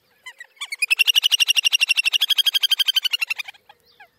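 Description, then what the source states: Little Grebe trill: a few lead-in notes, then a rapid, high, whinnying trill of many even notes, fading at the end. Short burst of trill from a single bird, heard after return to breeding sites in early spring; trill rather varied and complex.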